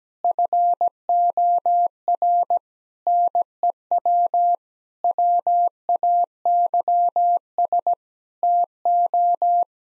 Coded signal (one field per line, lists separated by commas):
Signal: Morse code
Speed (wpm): 17 wpm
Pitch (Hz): 700 Hz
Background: none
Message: FOR NEW WAYS TO